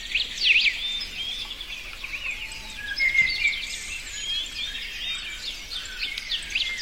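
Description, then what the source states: Several birds singing together, dense high chirps and short whistles throughout, over a steady hissing background. Forest setting.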